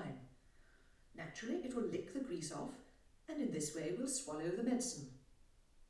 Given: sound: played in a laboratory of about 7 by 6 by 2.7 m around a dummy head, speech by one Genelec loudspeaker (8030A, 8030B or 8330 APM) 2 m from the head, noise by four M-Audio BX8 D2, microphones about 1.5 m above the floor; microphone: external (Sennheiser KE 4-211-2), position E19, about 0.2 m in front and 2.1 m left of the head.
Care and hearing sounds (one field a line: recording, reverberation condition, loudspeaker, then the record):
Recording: female speech in English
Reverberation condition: medium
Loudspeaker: 30 degrees to the right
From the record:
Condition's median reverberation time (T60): about 510 ms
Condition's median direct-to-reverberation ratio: about -0.5 dB